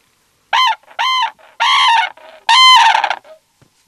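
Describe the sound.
Red-crowned crane giving loud, harmonic trumpeting calls, four bugled notes in quick sequence, the last one longest, with brief softer notes between and after them.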